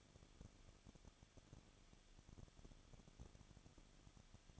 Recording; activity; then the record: daily activity, microphone in the room; no activity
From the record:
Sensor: 4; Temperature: 23.0 degrees Celsius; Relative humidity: 34.3%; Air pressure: 1007.2 hPa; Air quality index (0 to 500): 218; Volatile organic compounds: 16 ppm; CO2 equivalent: 2523 ppm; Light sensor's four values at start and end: 2/3/1/1 and 2/3/1/1